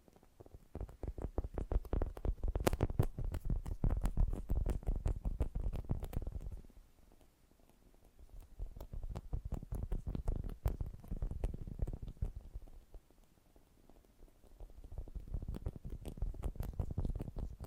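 Fast, gentle tapping runs in dense bursts, each a quick patter of soft, mostly low taps with occasional sharper clicks. The bursts swell and fade, with quieter lulls around eight and thirteen seconds before the rapid tapping picks up again.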